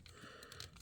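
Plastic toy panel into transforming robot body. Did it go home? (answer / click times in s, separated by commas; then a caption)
yes / 0.6 s. A round plastic port panel on a Transformers Siege Refraktor Reconnaissance Team transforming toy robot is folded over the side and pressed tight into the plastic robot body. It snaps into place at 0.6 s with a sharp click, leaving that piece seated.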